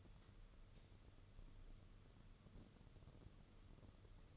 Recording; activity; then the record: daily activity, microphone in the room; light on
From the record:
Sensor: 4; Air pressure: 995.3 hPa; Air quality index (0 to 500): 210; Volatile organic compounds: 220 ppm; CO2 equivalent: 4278 ppm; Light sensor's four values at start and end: 8/19/8/9 and 8/20/8/9